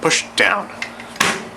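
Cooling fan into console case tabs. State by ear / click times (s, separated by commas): seated / 1.2 s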